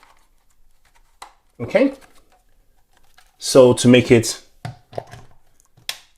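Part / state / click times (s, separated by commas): rotating plug head on a plug-in fan heater body / seated / 5.9 s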